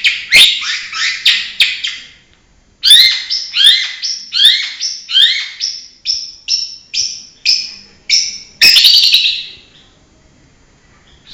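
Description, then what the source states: Long-tailed shrike singing rasping, rising chattery phrases, a short pause, then a steady run of scratchy notes ending in a longer harsh burst. Banyuwangi cendet, full isian, used as a masteran tutor recording.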